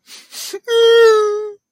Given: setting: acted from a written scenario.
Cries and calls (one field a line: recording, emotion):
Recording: vocal sound without words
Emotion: sadness